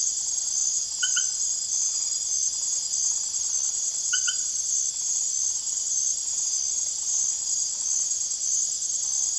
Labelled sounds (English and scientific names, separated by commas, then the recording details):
none
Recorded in secondary vegetation near Puerto Asís, Putumayo, Colombia, on 24 June 2025 at 22:00
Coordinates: 0.489, -76.322
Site G021